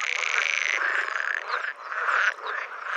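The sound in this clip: Pool frog calling: dense buzzing, rattling croaks with bright upper tones, continuous and fluctuating over three seconds with brief dips and restarts.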